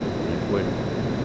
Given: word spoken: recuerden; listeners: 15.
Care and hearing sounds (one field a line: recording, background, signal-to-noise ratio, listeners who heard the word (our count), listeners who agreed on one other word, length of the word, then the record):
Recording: one Spanish word in noise, from a listening test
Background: speech-shaped noise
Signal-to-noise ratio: -4.2 dB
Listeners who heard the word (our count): 0 of 15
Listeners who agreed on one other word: 6 of 15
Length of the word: 0.85 s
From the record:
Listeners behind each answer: 6, 3, 1, 1, 1, 1, 1, 1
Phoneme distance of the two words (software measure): 17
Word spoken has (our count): 3 syllables, 9 phonemes, stress on syllable 2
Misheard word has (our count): 3 syllables, 8 phonemes, stress on syllable 2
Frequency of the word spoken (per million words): 2.86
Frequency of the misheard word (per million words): 100.82